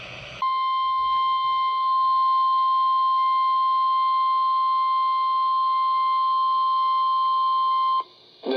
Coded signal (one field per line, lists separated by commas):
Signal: Emergency Alert System (SAME) tones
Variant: 1050 Hz attention tone